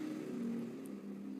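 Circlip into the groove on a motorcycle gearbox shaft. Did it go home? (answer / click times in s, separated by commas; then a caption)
no / none. A steel circlip is spread with circlip pliers and slid along a motorcycle gearbox shaft toward the groove that will hold the fifth gear. A steady low hum runs through the clip, with a brief faint high tick at about 0.9 s. The circlip has not snapped into its groove yet, so nothing has seated or clicked.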